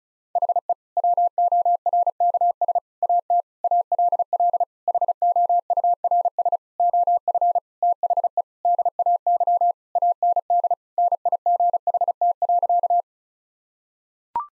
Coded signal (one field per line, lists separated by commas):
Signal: Morse code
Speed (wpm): 36 wpm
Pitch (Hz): 700 Hz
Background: none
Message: HE WORKS AT ALL HOURS OF THE DAY AND NIGHT.